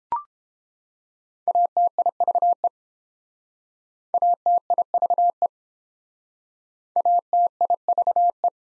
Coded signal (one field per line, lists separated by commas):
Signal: Morse code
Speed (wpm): 30 wpm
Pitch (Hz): 700 Hz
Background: none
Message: ATIVE ATIVE ATIVE